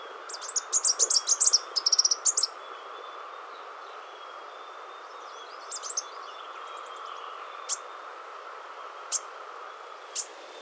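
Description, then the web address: Green-throated sunbird giving a rapid series of high, thin chirps and short trills, then scattered single sharp notes over a steady background hum. "green throated sunbird"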